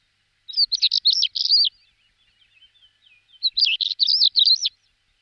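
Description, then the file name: European stonechat song in two rapid, scratchy twittering bursts of high jumbled notes, separated by a pause of about two seconds. "Saltimpalo"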